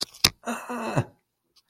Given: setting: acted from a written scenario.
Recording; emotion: vocal sound without words; fear